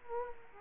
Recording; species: mosquito wingbeat signal from an infrared sensor; Culex quinquefasciatus